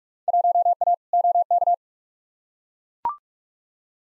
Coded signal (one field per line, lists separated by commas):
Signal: Morse code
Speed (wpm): 42 wpm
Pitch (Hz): 700 Hz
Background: none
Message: 1A OK